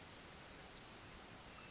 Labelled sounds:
Pacific Wren (Troglodytes pacificus)
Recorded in Sonoma County, California

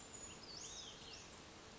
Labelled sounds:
Olive-sided Flycatcher (Contopus cooperi)
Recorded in Sonoma County, California

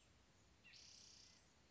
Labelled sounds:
Spotted Towhee (Pipilo maculatus)
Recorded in Sonoma County, California

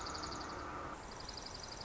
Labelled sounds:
Dark-eyed Junco (Junco hyemalis)
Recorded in Sonoma County, California

